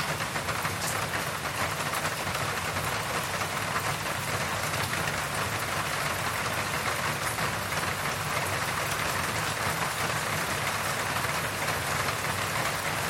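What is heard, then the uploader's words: Rain falls steadily on the village hut roofs, a dense, even patter with no breaks across the whole stretch. A low rumble sits underneath, and the hiss reaches high and bright, with a few slightly sharper drops standing out early on. The B-side shares open fields and the sounds of rain on the village hut roofs. Harvest season of the Pgak’yau (Karen) community.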